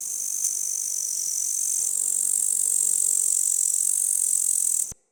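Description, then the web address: Grasshopper stridulation, a continuous high hissing buzz held steadily for about five seconds before cutting off. Recorded close in a meadow during the day. "Soulframe Sound. Midrath Island Meadow Day Animals Meadow Close Grasshopper"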